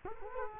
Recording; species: mosquito wingbeat signal from an infrared sensor; Culex quinquefasciatus